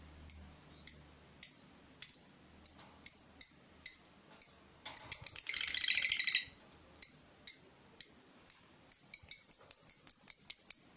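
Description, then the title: Lovebird chirps, sharp and evenly spaced, broken by a short burst of buzzy chatter, then quickening into a rapid run of notes. Lovebird's style of calling shown as clever 'baiting' (memancing), prompting other birds to sing. "Dari Gayanya Lovebird Ini Terlihat Pintar Sekali Memancing"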